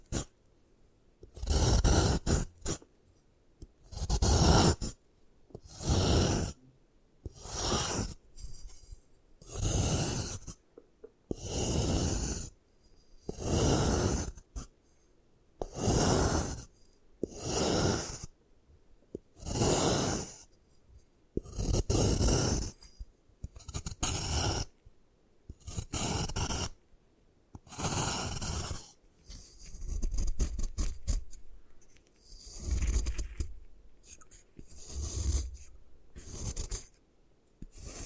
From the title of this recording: Satisfying Ways to Destroy Gym Chalk